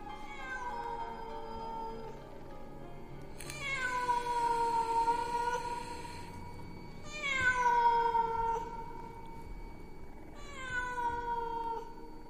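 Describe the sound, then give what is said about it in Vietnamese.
A feral cat yowls in long, drawn-out wails, about four of them, each sliding downward in pitch with strong harmonics, loud and plaintive against a faint background hum. “Lâu lâu, cảm giác như có tiếng con mèo hoang, nó cứ kêu gào ở bên tai.”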